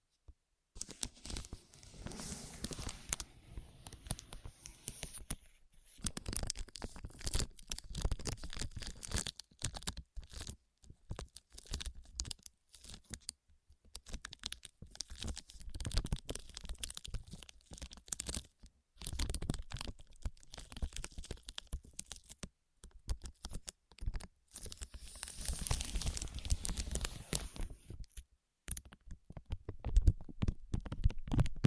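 Ear massage and cleaning sounds: dense, scratchy rubbing and crinkling that comes in bursts of a few seconds, separated by brief silent gaps. The texture is bright and rustling with a low rumble underneath, growing fuller and brighter around 25 to 28 seconds.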